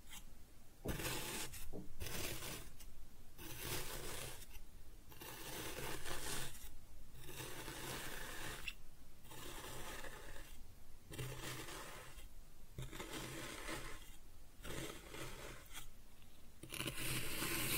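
Kinetic sand being cut and scooped, with steady gritty scraping strokes broken by short pauses about every two seconds throughout.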